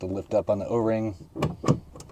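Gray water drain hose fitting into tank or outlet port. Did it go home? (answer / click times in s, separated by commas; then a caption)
yes / 1.4 s. Someone talks while lifting the O-ring collar on a gray-water drain hose fitting, dropping the fitting into its tank or outlet port and letting go so it locks. A sharp click at 1.4 s marks the fitting seating, followed by a few fainter short knocks around 1.7, 2.0 and 2.1 s.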